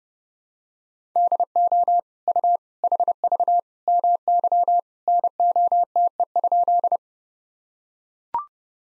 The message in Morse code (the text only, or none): DO U HV MY NOTE?